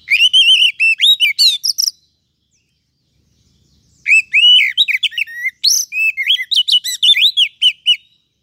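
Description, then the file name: Oriental magpie-robin song of rich, modulated whistles and chirps, one short burst, two seconds of silence, then a longer flowing phrase of bright varied notes. "Suara Kacer"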